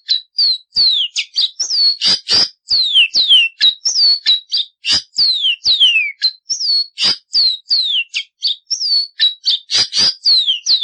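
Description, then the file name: Seedeater song: a continuous run of clear whistled notes sliding downward, mixed with short sharp chips and clicks, phrases repeating without pause. "Caboclinho"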